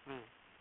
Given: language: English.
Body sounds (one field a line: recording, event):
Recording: throat vibration sensor signal played as sound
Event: speech